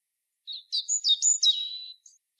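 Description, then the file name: European robin song: a fast, varied phrase of thin, sparkling notes, rising and falling before trailing off with a brief high flourish. "Erithacus rubecula"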